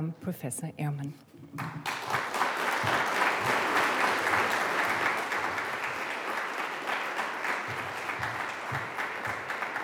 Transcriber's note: applause